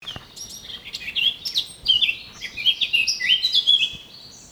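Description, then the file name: Eurasian blackcap warbling a fast, varied run of high chirps and slurred notes that grows louder and busier through the phrase. "Sylvia atricapilla"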